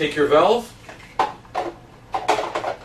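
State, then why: Seated. Someone talks while a plastic valve/hose adapter, which only fits one way, is pushed back onto a canister filter head. It clicks into place at the front at 1.2 s, followed by softer knocks around 1.6, 2.2 and 2.6 s. The valve block is seated.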